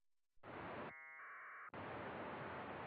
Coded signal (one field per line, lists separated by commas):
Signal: packet radio (AX.25, as in APRS)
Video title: "Sound Modem TNC for VHF Packet in Winlink Express" (See new mode in notes)